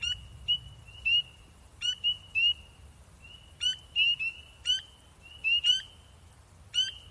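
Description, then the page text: Spring peeper peeping: loud, high, slightly rising single peeps repeated in quick, uneven succession, several callers overlapping, with softer peeps in the background. Maryland. "Spring Peeper by orionid"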